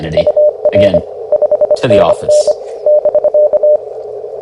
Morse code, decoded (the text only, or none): UR 5NN <BK>